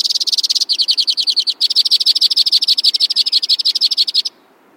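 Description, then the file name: White-winged crossbill trilling: a very fast trill gives way to a slower pulsed rattle, then quickens again into a dense chatter, about four seconds in all. "suara-kicauan-burung-white-winged-crossbill 3-omkicau"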